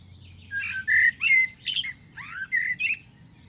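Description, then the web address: Bird calls: a quick string of squeaky, bending chirps, some falling sharply in pitch, over a low background rumble. "Deverinetal. Bird Only"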